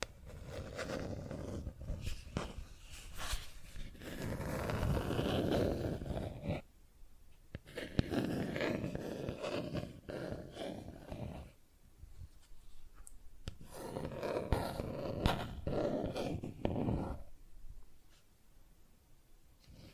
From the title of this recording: Plastic Objects Tapping and Scratching